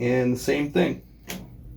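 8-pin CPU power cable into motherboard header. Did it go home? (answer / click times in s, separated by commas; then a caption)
yes / 1.3 s. An 8-pin CPU power plug is lined up by its clip and notch, then pushed into the motherboard header. Someone talks over the first second, then a short, sharp click at 1.3 s marks the connector seating.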